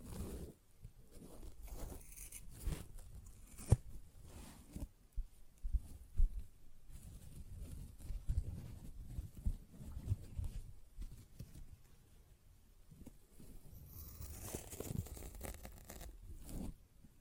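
A sponge is worked by hand in rough, irregular strokes, giving a soft scratching and squishing texture that stays mostly low and muffled. Brief sharper ticks stand out near 4 and 6 seconds, and from about 14 to 16 seconds a brighter, hissing scrape joins in.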